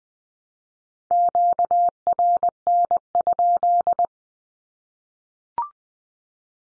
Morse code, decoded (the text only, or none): QRN?